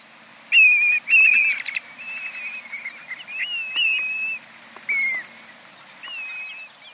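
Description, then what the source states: Black-bellied Plover whistled calls: a series of drawn-out, plaintive slurred whistles with brief pauses between them. Juvenile leaping into the air to begin its first long migratory journey south, in early September; hatched in the Arctic National Wildlife Refuge in mid-July.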